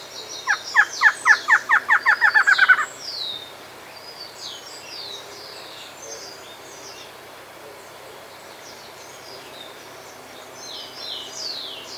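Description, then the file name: Bird call opening with about a dozen loud downslurred notes in quickening rhythm, then only faint high twittering for the rest. "SABIOD 50 bird 2015"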